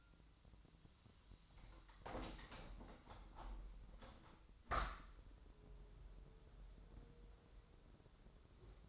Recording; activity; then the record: daily activity, microphone in the room; open window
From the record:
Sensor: 3